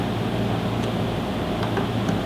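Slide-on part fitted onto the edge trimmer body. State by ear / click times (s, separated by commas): not seated / none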